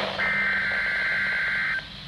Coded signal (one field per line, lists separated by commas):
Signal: Emergency Alert System (SAME) tones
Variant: header bursts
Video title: Double Header High Wind Watches - EAS #518-519